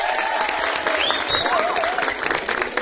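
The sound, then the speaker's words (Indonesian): An audience claps steadily for a few seconds for the speaker's mother, a dense, even wash of applause with a few high whistles and scattered voices mixed in. “Tepuk tangan sekali buat mama saya dong.”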